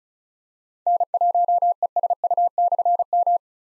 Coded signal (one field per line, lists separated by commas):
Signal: Morse code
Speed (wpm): 36 wpm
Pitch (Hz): 700 Hz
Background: none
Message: N1ESU/M